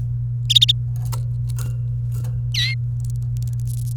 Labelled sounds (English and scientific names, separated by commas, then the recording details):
Domestic Canary (Serinus canaria) song
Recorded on 28 April 2018 at 13:31
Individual llb3